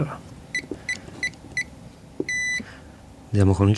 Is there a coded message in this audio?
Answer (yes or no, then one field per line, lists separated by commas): no